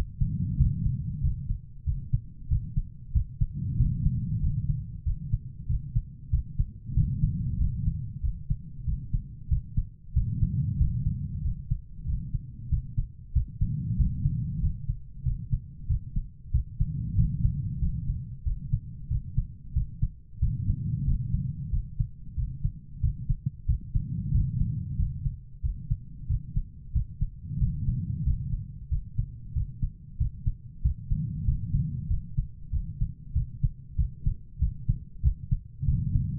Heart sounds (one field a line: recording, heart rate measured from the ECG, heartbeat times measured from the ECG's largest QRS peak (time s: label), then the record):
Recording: heart sounds by stethoscope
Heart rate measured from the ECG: 94 bpm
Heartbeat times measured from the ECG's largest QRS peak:
0.57 s: heartbeat
1.21 s: heartbeat
1.84 s: heartbeat
2.48 s: heartbeat
3.12 s: heartbeat
3.77 s: heartbeat
4.40 s: heartbeat
5.03 s: heartbeat
5.67 s: heartbeat
6.30 s: heartbeat
6.94 s: heartbeat
7.57 s: heartbeat
8.21 s: heartbeat
8.84 s: heartbeat
9.48 s: heartbeat
10.13 s: heartbeat
10.78 s: heartbeat
11.42 s: heartbeat
12.05 s: heartbeat
12.69 s: heartbeat
13.33 s: heartbeat
13.97 s: heartbeat
14.60 s: heartbeat
15.23 s: heartbeat
15.87 s: heartbeat
16.51 s: heartbeat
17.15 s: heartbeat
17.79 s: heartbeat
18.43 s: heartbeat
19.08 s: heartbeat
19.73 s: heartbeat
20.39 s: heartbeat
21.04 s: heartbeat
21.70 s: heartbeat
22.35 s: heartbeat
23.00 s: heartbeat
23.66 s: heartbeat
24.31 s: heartbeat
24.96 s: heartbeat
25.61 s: heartbeat
26.27 s: heartbeat
26.92 s: heartbeat
27.58 s: heartbeat
28.23 s: heartbeat
28.88 s: heartbeat
29.53 s: heartbeat
30.17 s: heartbeat
30.82 s: heartbeat
31.45 s: heartbeat
32.07 s: heartbeat
32.70 s: heartbeat
33.33 s: heartbeat
33.96 s: heartbeat
34.59 s: heartbeat
35.22 s: heartbeat
35.85 s: heartbeat
From the record:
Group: healthy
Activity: rest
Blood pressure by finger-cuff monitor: 114/62 mmHg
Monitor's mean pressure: 80 mmHg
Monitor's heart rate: 94 bpm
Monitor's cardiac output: 7.5 L/min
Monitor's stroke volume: 80 mL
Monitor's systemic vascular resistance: 770 dyn s/cm5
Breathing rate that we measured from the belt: 18 breaths a minute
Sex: female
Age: 43 years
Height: 160 cm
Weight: 90 kg